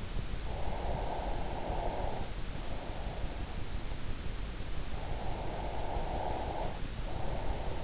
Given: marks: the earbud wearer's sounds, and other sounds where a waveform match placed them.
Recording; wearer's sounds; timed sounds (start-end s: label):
sounds in sleep by an in-ear microphone; breath
0.41-3.09 s: breath
4.97-7.83 s: breath